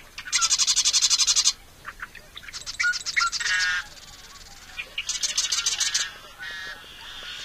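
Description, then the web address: Marsh Wren song: three fast, rattling buzzy trills separated by short gurgling notes and brief pauses. Western species of North America. "Songs of Birds of North America Know Your Bird Sounds. Marsh Wren"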